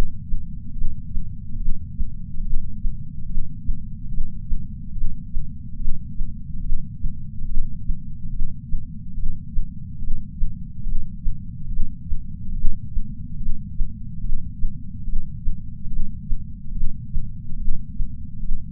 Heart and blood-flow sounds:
heart sounds by patch sensor on the chest; 71 bpm
0.73 s: heartbeat
1.57 s: heartbeat
2.42 s: heartbeat
3.26 s: heartbeat
4.09 s: heartbeat
4.93 s: heartbeat
5.76 s: heartbeat
6.61 s: heartbeat
7.46 s: heartbeat
8.30 s: heartbeat
9.14 s: heartbeat
9.99 s: heartbeat
10.83 s: heartbeat
11.68 s: heartbeat
12.53 s: heartbeat
13.37 s: heartbeat
14.21 s: heartbeat
15.04 s: heartbeat
15.88 s: heartbeat
16.72 s: heartbeat
17.56 s: heartbeat
18.40 s: heartbeat
From the record:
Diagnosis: coronary artery disease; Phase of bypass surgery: intraoperative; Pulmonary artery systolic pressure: 29 mmHg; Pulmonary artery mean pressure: 19 mmHg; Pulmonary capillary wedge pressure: 12 mmHg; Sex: female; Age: 65 years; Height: 153 cm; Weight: 51.5 kg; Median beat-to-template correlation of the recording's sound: 0.95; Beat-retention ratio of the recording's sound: 0.99

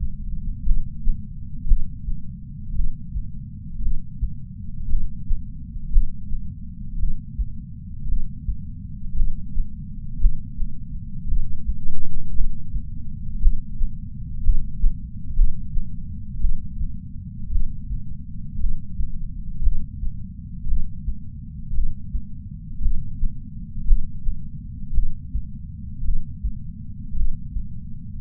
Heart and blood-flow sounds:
heart sounds by patch sensor on the chest; 57 bpm
0.63 s: heartbeat
1.65 s: heartbeat
2.72 s: heartbeat
3.79 s: heartbeat
4.87 s: heartbeat
5.90 s: heartbeat
6.96 s: heartbeat
8.05 s: heartbeat
9.14 s: heartbeat
10.18 s: heartbeat
11.25 s: heartbeat
12.32 s: heartbeat
13.39 s: heartbeat
14.42 s: heartbeat
15.34 s: heartbeat
16.38 s: heartbeat
17.49 s: heartbeat
18.57 s: heartbeat
19.61 s: heartbeat
20.65 s: heartbeat
21.72 s: heartbeat
22.79 s: heartbeat
23.85 s: heartbeat
24.92 s: heartbeat
26.02 s: heartbeat
27.14 s: heartbeat
From the record:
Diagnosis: coronary artery disease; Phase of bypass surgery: postoperative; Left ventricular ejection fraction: 51.3%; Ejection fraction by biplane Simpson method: 50.8%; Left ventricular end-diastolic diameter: 53 mm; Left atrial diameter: 44 mm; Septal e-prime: 5.6 cm/s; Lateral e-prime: 9.8 cm/s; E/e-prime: 14.5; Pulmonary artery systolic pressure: 20 mmHg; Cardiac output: 6.3 L/min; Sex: male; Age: 70 years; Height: 165 cm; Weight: 70 kg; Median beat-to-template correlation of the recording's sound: 0.86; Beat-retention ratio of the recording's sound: 1.00

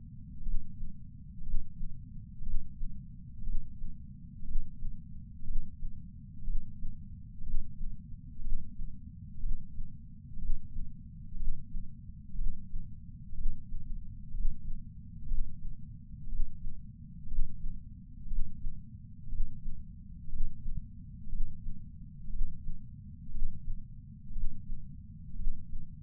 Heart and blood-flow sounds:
heart sounds by patch sensor on the chest; 60 bpm
0.41 s: heartbeat
1.41 s: heartbeat
2.41 s: heartbeat
3.42 s: heartbeat
4.43 s: heartbeat
5.43 s: heartbeat
6.43 s: heartbeat
7.42 s: heartbeat
8.40 s: heartbeat
9.38 s: heartbeat
10.37 s: heartbeat
11.35 s: heartbeat
12.34 s: heartbeat
13.33 s: heartbeat
14.33 s: heartbeat
15.26 s: heartbeat
16.27 s: heartbeat
17.27 s: heartbeat
18.26 s: heartbeat
19.28 s: heartbeat
20.28 s: heartbeat
21.28 s: heartbeat
22.28 s: heartbeat
23.30 s: heartbeat
24.31 s: heartbeat
25.34 s: heartbeat
From the record:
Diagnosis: coronary artery disease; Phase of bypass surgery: intraoperative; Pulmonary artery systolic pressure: 28 mmHg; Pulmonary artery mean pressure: 14 mmHg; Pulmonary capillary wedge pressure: 11 mmHg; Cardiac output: 5.5 L/min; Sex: male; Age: 57 years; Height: 175 cm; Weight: 80 kg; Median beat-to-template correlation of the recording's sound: 0.94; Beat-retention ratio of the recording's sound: 0.97

